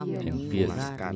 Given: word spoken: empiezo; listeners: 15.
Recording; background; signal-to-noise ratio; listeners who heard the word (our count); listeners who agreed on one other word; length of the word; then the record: one Spanish word in noise, from a listening test; four-talker babble; 0.1 dB; 1 of 15; 7 of 15; 0.76 s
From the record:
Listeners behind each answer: 7, 4, 1, 1, 1, 1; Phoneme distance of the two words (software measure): 10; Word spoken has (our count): 3 syllables, 7 phonemes, stress on syllable 2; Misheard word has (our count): 3 syllables, 7 phonemes, stress on syllable 2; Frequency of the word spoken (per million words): 4.75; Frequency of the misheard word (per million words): 52.17